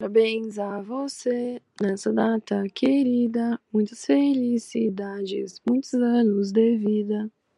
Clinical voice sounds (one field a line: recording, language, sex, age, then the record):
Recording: short text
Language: Brazilian Portuguese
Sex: female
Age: 18 to 19 years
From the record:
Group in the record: control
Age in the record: 18 years